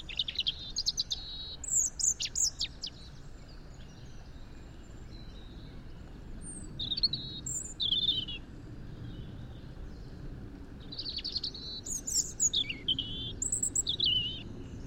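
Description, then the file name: European robin giving repeated short bursts of high, sharp, tinkling and warbling notes with pauses between phrases, against a low steady rumble and hiss. "Erithacus rubecula"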